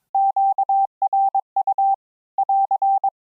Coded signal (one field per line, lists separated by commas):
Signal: Morse code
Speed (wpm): 22 wpm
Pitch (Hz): 780 Hz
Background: none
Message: QRU <AR>